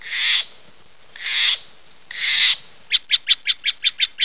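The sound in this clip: Steller's jay giving three harsh, rasping calls about a second apart, then a quick run of several short, clipped notes.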